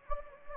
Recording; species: mosquito wingbeat signal from an infrared sensor; Anopheles gambiae